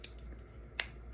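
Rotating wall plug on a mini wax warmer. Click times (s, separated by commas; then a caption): 0.8 s. While the release button is held down, the rotating wall plug on a mini wax warmer is twisted. Two faint ticks come at about 0.0 s and 0.2 s, then a sharp, loud click at 0.8 s as the plug prong locks into its new position. The plug is seated.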